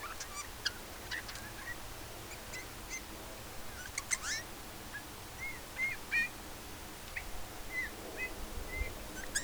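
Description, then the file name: Eurasian bullfinch uttering gentle, slightly curved piping whistles, mostly in the second half, after early clicks, over soft background noise. "Pyrrhula pyrrhula"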